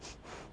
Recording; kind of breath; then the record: one breath in and out by a microphone near the nose and mouth; strong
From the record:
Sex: female